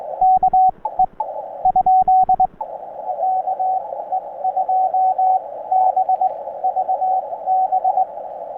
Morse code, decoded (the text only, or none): KE ? KE2BVB